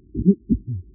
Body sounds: neck accelerometer signal played as sound; voluntary cough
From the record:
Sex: male

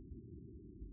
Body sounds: neck accelerometer signal played as sound; no cough (speech, laughter, throat clearing or background)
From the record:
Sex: male

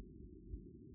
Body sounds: neck accelerometer signal played as sound; no cough (speech, laughter, throat clearing or background)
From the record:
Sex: male

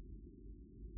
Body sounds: neck accelerometer signal played as sound; no cough (speech, laughter, throat clearing or background)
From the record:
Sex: male

